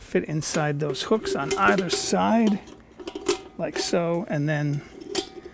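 A metal ash pan for a Weber Master-Touch grill is handled onto the grill leg frame, its little pegs being fitted inside the hooks on either side. Someone talks throughout, with short metallic clinks around 3.0 and 3.1 seconds. Nothing has seated or clicked yet; the pan has not snapped into place.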